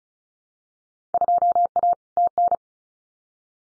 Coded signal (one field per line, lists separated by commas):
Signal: Morse code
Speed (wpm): 34 wpm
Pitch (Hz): 700 Hz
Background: none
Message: 2A TN